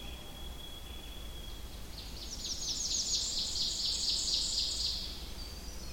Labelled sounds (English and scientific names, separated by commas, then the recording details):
Ovenbird (Seiurus aurocapilla) song
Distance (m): 25 m
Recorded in boreal forest in Alberta, Canada, on 21 June 2016 at 06:16
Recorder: SongMeter 3, array SBT-6-81
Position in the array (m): 6 m, 86 m
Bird 24